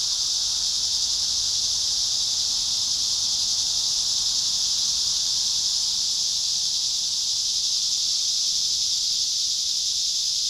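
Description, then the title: Cicadas in a steady, shrill, hissing chorus, an unbroken high buzz holding level for the whole stretch with no pauses. Cicadas at Trinity. "neoscenes: cicadas at Trinity"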